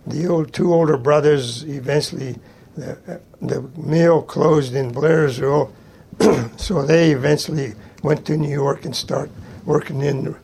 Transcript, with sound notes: The ol -- two older brothers -- eventually the -- the mill closed in Blairsville. (clears throat) So they eventually went to New York and start working in the